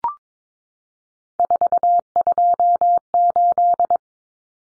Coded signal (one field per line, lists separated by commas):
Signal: Morse code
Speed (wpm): 22 wpm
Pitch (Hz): 700 Hz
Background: none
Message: 428